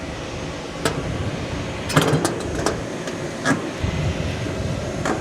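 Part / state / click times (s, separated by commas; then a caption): buckle latches on seed drill hopper lid / seated / 0.9 s, 2.0 s, 2.3 s, 2.7 s. The four buckle latches on the lid of a pressurised seed-drill hopper are closed one after another so the lid is tightly sealed, each snapping shut at 0.9, 2.0, 2.3 and 2.7 seconds over steady background noise. Another sharp knock follows at 5.1 seconds. All four buckles are latched and the lid is seated.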